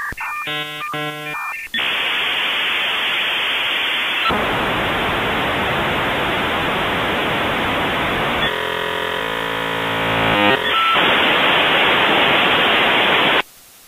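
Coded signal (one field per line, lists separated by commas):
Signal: dial-up modem handshake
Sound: short tones, then loud hissing static, a buzzy many-tone warble, then more hiss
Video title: Unforgetable dial-up connection hand shake modem sound.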